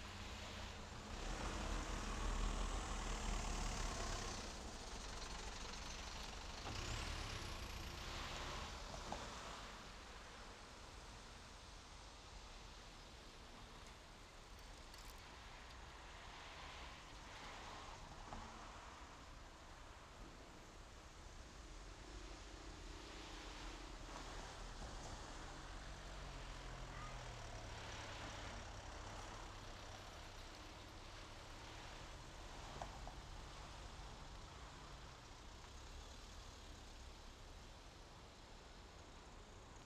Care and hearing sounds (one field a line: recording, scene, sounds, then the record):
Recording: everyday scene through a hearing-aid microphone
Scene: in traffic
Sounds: traffic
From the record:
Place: main road on the outskirts, rush hour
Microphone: in the ear canal, left